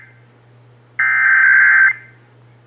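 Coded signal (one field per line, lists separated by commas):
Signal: Emergency Alert System (SAME) tones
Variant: header bursts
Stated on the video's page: Texas required monthly test, heard on several radio and TV stations.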